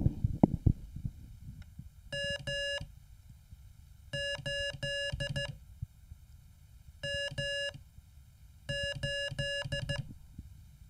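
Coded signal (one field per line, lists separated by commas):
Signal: Morse code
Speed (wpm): 14 wpm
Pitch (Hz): 1700 Hz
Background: none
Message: M8 M8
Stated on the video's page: Morse lesson homework drilling a letter followed by a number, as in call signs.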